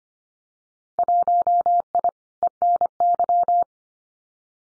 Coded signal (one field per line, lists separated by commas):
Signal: Morse code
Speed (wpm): 25 wpm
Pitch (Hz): 700 Hz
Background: none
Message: 1I ENY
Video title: Winter Field Day Exchange Encore 25wpm